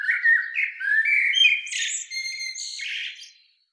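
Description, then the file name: Common blackbird singing a run of low fluty notes that rise and turn into a strained, high, squeaky chatter in the second half. "Turdus merula"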